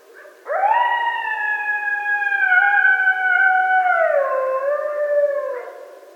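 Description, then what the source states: Coyote howl, long and sustained, rising sharply at the start, holding steady for several seconds, then sliding downward and fading near the end. Coyotes recorded at night, 13 November 2012.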